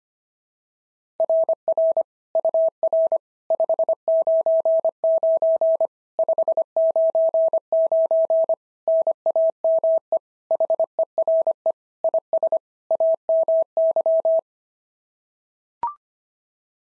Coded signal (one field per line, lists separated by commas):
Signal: Morse code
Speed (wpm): 24 wpm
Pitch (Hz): 650 Hz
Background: none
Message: RR UR 599 599 NAME HERE IS AMY